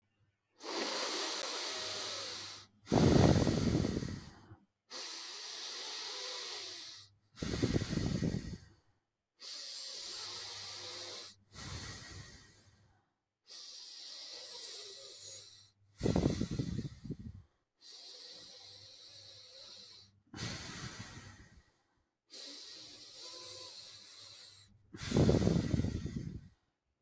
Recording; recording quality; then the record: deep breathing; excellent, no background noise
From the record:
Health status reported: healthy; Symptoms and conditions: none ticked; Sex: male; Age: 54 years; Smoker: not ticked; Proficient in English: yes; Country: India